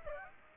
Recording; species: mosquito wingbeat signal from an infrared sensor; Aedes aegypti